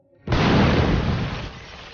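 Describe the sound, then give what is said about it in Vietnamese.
A loud, sudden firecracker-like bang bursts out above a gate after a brief quiet, then trails off in a rough, crackling rumble that fades over about a second and a half. “Tiếp đó vang lên những tiếng nổ đành như pháo phía trên cánh cổng.”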